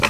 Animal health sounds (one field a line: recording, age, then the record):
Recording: pig call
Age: piglet (1 to 25 days)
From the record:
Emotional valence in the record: positive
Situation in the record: after nursing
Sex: male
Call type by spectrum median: low-frequency call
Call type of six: low-frequency stable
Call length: 0.10 s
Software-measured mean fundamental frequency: 76 Hz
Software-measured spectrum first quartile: 745 Hz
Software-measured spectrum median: 1760 Hz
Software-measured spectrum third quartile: 2772 Hz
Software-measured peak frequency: 2369 Hz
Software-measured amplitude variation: 130 dB a second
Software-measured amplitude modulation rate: 5.0 a second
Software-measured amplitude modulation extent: 26.2 dB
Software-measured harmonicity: -2.1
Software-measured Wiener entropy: -1.29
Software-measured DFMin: 575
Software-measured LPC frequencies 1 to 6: 1043, 2471, 3140, 4144, 5268, 6017 Hz